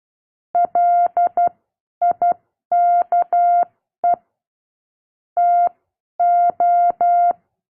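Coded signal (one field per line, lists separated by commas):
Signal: Morse code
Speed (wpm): 12 wpm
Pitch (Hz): 700 Hz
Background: none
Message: LIKE TO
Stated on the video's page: Recorded Morse class.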